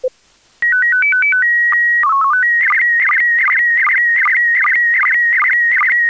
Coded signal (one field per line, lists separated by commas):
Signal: SSTV (slow-scan television)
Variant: PD 50